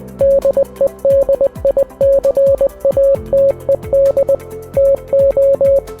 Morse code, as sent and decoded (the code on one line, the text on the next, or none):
-.. . -.. .. -.-. .- - . -.. / - ---
DEDICATED TO